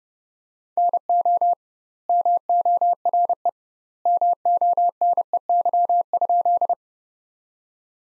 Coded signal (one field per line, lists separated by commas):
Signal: Morse code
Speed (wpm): 31 wpm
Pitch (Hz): 700 Hz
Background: none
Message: NO MORE MONEY?